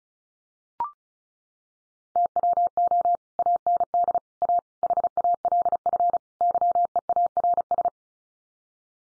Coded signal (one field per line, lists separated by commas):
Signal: Morse code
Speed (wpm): 34 wpm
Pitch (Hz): 700 Hz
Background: none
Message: TWO AND A HALF YEARS